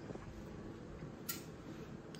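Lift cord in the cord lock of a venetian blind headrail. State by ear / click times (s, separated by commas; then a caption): released / 1.3 s. The lift cord of a corded venetian blind is pulled to the left, and the cord lock in the headrail clicks at 1.3 s and lets go of the cord. A fainter short tick follows near 2.2 s over a steady background hiss. The cord is released.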